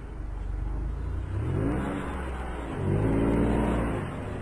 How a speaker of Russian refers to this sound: Через некоторое время машина выбралась на ровную дорогу. Папа Давида прибавил скорость, и они быстро поехали сквозь тьму, слушая ровное урчание двигателя.